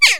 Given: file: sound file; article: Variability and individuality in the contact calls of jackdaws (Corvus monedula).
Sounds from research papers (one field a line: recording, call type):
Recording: jackdaw call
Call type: harmonic